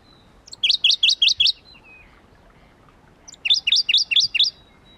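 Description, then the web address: Shrub frog giving two short runs of five to six bright, slightly sweeping click notes, nearly three seconds apart. Recorded at Kuda on 28 June 2012. "June 28 2012 Phfuscatus Kuda"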